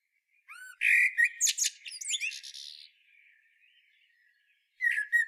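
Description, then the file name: Common blackbird song: a low fluted warble that breaks into a rushed, squeaky high twitter, then a new phrase begins near the end. "Turdus merula"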